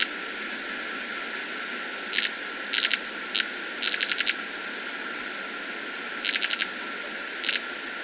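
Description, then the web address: Viridian metaltail giving short bursts of rapid, dry ticking notes, in small clusters, over a steady high hiss. Subspecies primolinus, recorded in Ecuador. "Natures Songs S America Birds of Ecuador. Viridian Metaltail (Primolinus)"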